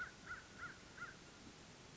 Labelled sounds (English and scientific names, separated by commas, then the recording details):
American Crow (Corvus brachyrhynchos)
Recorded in Sonoma County, California